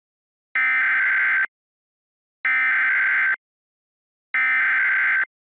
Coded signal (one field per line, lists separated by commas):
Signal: Emergency Alert System (SAME) tones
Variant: header bursts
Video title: EAS April Fools Special - Laughing Stock